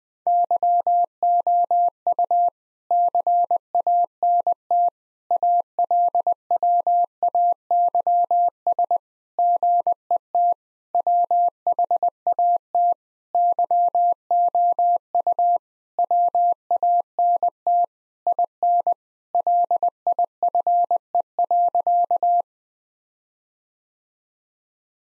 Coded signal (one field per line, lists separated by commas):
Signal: Morse code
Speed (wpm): 20 wpm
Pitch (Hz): 700 Hz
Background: none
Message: YOU CANT ALWAYS GET WHAT YOU WANT IN LIFE.